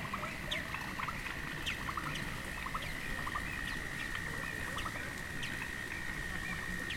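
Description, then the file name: Dusky fulvetta giving quick repeated chip notes in loose bursts, set against an unbroken high-pitched drone and a dull low background hiss. "fulvetta-dusky -Alcippe-brunnea"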